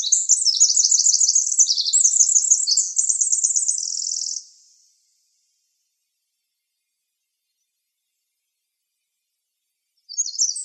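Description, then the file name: Winter wren singing a fast, bubbling run of very high trills and warbles for over four seconds, then silence before another song begins at the end. Recorded in Arizona on 26 June 2006. "WIWR COONS"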